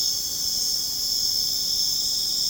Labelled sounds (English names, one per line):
none